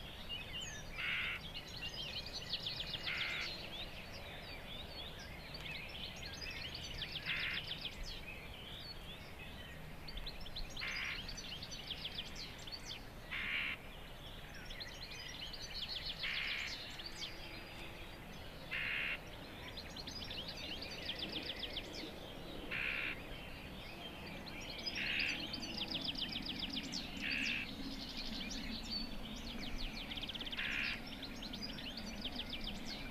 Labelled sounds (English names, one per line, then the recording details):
Common Whitethroat call
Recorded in the wild
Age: adult
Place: Hobrechtsfelder Rieselfelder, Naturpark Barnim, Brandenburg, DE
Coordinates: 52.6747, 13.5104
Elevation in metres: 65
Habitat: meadow
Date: 2014-05-04
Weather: cloudy, 5°C, weak wind
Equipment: Sound Devices 702, Sennheiser MKH 70, Rycote Windschutz
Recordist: Frommolt, Karl-Heinz